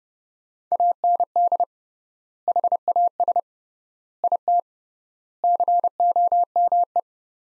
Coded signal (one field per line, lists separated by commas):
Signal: Morse code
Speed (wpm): 32 wpm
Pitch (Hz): 700 Hz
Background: none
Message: AND HAS IT COME